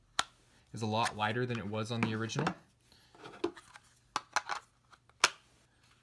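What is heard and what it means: A pistol magazine snaps into the mag carrier of a CA Holster OPPH V2 one-piece IWB holster, giving a sharp, light click at 0.2 s as it seats; this retention snap is much lighter than on the original version. Someone then talks, followed by several more sharp clicks and taps around 4.2–5.2 s.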